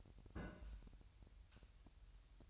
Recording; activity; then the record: daily activity, microphone in the room; place on stove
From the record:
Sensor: 2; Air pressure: 1001.8 hPa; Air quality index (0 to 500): 246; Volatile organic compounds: 35 ppm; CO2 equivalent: 3062 ppm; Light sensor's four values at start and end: 5/11/4/5 and 5/11/4/5